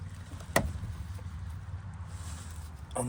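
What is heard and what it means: During a fuel filter replacement on a BMW X5 F15 3.0 diesel, a fuel filter part is lined up so its groove enters the matching slot in its housing or mount and is pushed in. A sharp click at 0.6 s marks it seating, over a steady low hum, with a fainter tap near 2.9 s. The part is confirmed seated.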